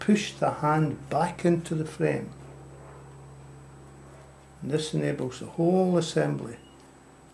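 A metal conversion cylinder assembly for an 1858 Remington percussion revolver (Anvil Conversions Nitro) is being put back into the frame, with the hand pushed back in, so that the conversion cylinder's firing pin can seat. Someone talks in two stretches separated by a quiet pause over a low steady hum. Nothing has seated or clicked yet.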